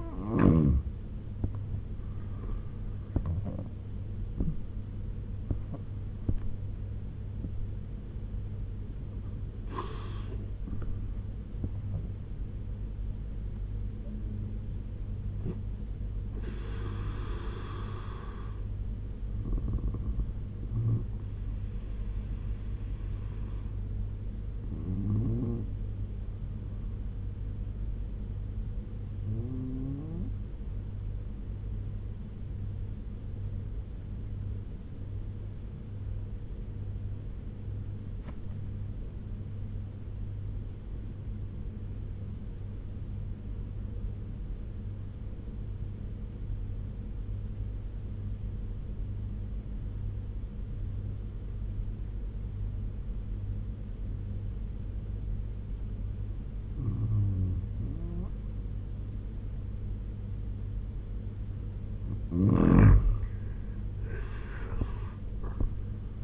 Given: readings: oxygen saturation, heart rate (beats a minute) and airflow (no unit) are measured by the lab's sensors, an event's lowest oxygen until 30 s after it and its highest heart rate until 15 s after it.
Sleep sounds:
breathing in sleep by a smartphone at the bedside; 1
5.00-35.00 s: new sleep stage, N1 (lightest sleep)
34.00-55.60 s: obstructive apnea (N1, oxygen 97% highest, then 85% lowest, heart rate 78 at the start, 91 highest)
35.00-65.00 s: new sleep stage, N2 (light sleep)
65.00-66.23 s: new sleep stage, N1 (lightest sleep)
From the record:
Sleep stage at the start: N2 (light sleep); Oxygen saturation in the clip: 85 to 97%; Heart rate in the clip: 71 to 87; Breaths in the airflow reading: 9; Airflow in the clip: -8.3 to 12.5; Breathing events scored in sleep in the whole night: 201 in 6.5 hours asleep

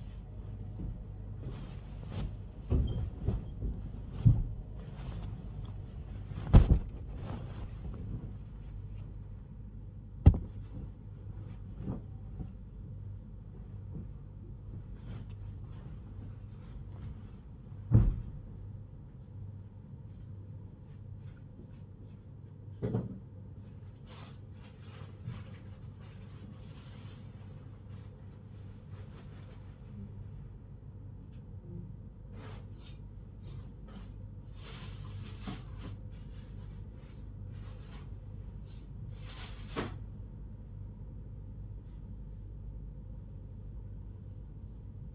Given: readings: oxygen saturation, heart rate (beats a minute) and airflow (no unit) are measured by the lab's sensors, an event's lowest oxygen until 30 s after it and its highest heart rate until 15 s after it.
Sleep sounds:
a person awake in a sleep study, by a smartphone at the bedside; none
none scored
From the record:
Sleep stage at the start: awake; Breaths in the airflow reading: 18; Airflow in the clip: -1.1 to 1.3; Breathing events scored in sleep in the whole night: 158 in 7.3 hours asleep

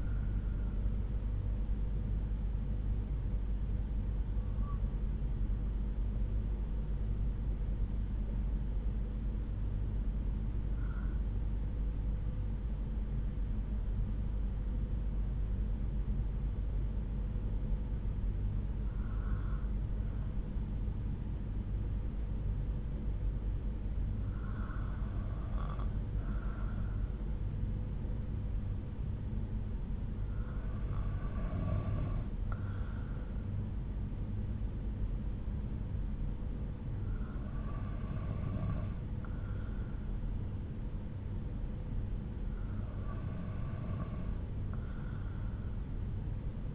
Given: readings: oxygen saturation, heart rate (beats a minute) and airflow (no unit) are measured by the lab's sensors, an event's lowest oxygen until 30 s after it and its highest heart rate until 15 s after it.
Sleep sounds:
breathing in sleep by a smartphone at the bedside; 1
12.00-29.40 s: hypopnea (N2, oxygen 96% highest, then 93% lowest)
From the record:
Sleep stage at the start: N2 (light sleep); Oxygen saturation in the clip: 92 to 96%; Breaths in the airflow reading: 7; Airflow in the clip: -8.4 to 4.5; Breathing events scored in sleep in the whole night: 368 in 8.0 hours asleep

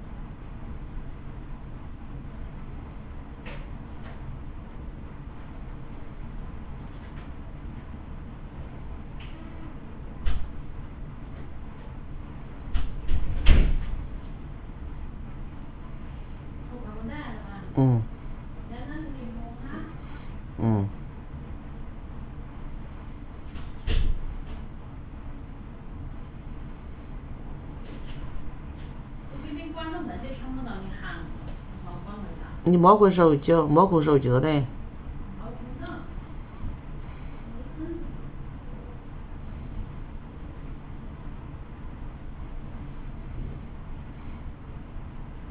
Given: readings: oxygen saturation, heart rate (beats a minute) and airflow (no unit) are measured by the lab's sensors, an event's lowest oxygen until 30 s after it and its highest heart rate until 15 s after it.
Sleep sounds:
a person awake in a sleep study, by a smartphone at the bedside; none
0.00-45.51 s: awake
From the record:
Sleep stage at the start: awake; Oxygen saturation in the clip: 91 to 93%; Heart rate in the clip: 61 to 66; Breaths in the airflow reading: 13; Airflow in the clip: -8.7 to 11.4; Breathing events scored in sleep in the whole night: 328 in 6.3 hours asleep

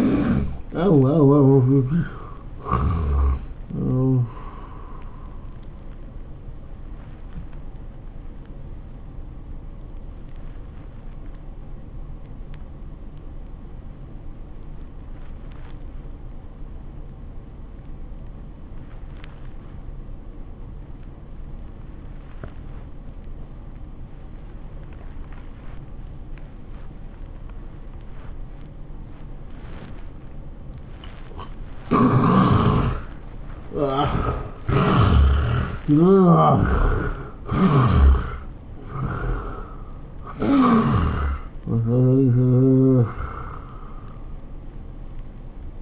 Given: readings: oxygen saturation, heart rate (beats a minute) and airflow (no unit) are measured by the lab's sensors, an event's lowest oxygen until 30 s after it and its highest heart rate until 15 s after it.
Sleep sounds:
breathing in sleep by a smartphone at the bedside; 1
10.00-33.70 s: obstructive apnea (N1, oxygen 96% highest, then 74% lowest, heart rate 87 at the start, 102 highest)
From the record:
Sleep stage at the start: N1 (lightest sleep); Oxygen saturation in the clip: 78 to 96%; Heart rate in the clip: 79 to 102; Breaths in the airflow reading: 6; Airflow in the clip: -15.4 to 11.0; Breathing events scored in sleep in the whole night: 403 in 5.5 hours asleep

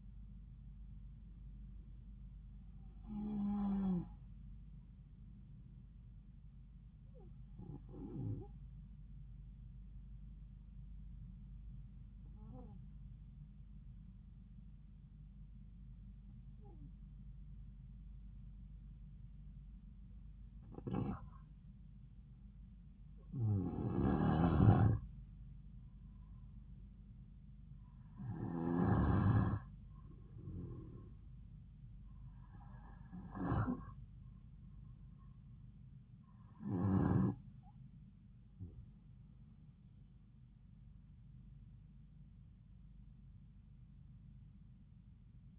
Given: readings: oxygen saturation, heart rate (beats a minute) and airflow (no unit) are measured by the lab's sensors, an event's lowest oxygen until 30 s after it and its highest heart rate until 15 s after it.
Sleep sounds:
breathing in sleep by a smartphone at the bedside; 1
7.00-26.30 s: hypopnea (N2, oxygen 96% highest, then 92% lowest)
From the record:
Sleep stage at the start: N2 (light sleep); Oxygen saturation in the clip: 92 to 96%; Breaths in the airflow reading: 9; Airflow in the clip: -5.3 to 4.3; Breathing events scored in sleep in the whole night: 270 in 6.1 hours asleep

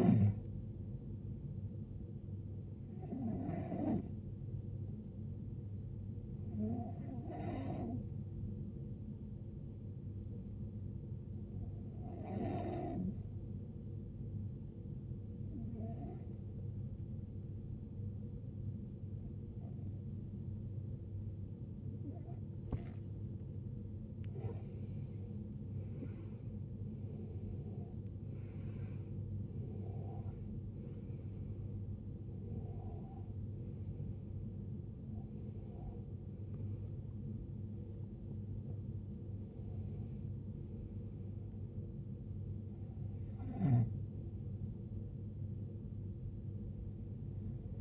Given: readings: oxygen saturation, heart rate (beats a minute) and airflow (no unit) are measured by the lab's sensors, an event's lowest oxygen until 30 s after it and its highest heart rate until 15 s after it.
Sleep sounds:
breathing in sleep by a smartphone at the bedside; 1
9.00-23.80 s: hypopnea (N1, oxygen 95% highest, then 89% lowest, heart rate 76 at the start, 77 highest)
From the record:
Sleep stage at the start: N1 (lightest sleep); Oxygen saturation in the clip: 90 to 95%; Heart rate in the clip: 63 to 86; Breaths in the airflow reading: 10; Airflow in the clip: -16.4 to 15.5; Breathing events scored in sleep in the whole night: 389 in 6.3 hours asleep

